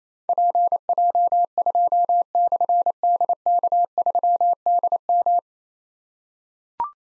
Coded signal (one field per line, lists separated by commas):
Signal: Morse code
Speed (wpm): 29 wpm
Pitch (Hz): 700 Hz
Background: none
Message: PJ2/DK3DM